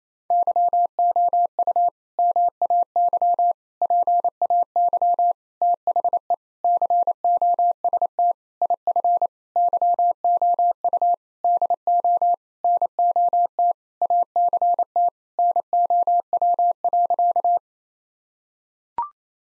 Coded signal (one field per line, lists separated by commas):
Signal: Morse code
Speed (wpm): 28 wpm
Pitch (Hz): 700 Hz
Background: none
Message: YOU MAY PAY THE COST IF YOU DO NOT ACT NOW.